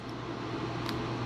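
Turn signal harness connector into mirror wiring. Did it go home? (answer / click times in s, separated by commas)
yes / 0.9 s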